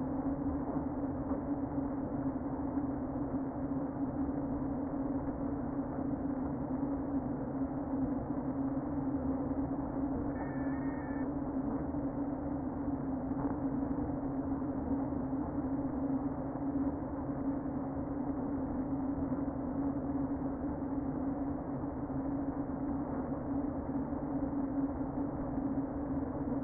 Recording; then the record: honeybee colony, microphone inside the hive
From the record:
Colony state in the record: queen present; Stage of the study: before two queens were removed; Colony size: about 60,000 bees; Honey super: yes